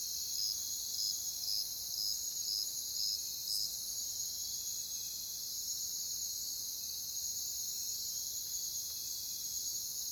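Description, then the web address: Crickets keep up an unbroken high trilling chorus, with a separate pulsed chirp repeating about twice a second over the first few seconds. Multiple crickets in a jungle setting. "Echoes of Nature - Jungle Talk Crickets"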